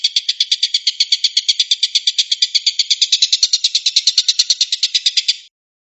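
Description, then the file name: Stork-billed kingfisher giving a harsh, rapid rattling call of buzzy pulses held steadily for over five seconds, then stopping abruptly. Tengkek buto giving the "tembakan" or shooting call. "suara tembakan tengkek buto"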